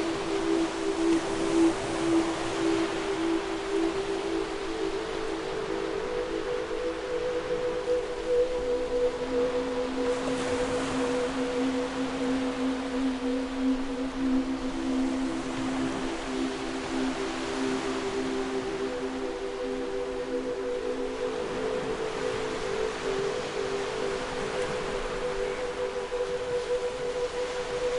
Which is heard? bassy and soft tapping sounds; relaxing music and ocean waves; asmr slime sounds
relaxing music and ocean waves